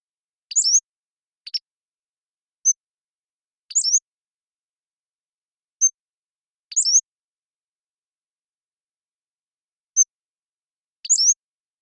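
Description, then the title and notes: Pacific-slope flycatcher in a long sequence: squeaky slurred phrases every few seconds alternating with single thin high ticks and one buzzy note, nothing else heard. Long song sequence recorded with a parabolic microphone, processed clean for sound-effects use while keeping natural rhythm and pace. "Pacific-Slope Flycatcher, Empidonax difficilis A long song sequence captured with a parabolic"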